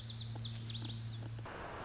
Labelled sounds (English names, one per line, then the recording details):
Lazuli Bunting
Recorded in Sonoma County, California